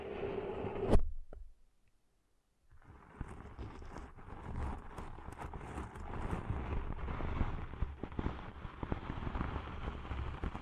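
Deep ear cleaning sounds, starting with a muffled rubbing that ends in a sharp click just before the one-second mark. Near-silence follows for about two seconds, then dense, crackly scratching and rustling runs steadily to the end, with frequent small pops and clicks.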